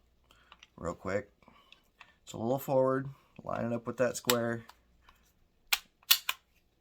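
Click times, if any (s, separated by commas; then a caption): 5.7 s, 6.1 s. Someone talks as the steel slide of a Canik TP9SF Elite pistol is set slightly forward onto the polymer frame, lined up with the black square marking, and pushed along the rails. Sharp clicks ring out at 5.7 and 6.1 seconds as the slide seats in place on the frame rails.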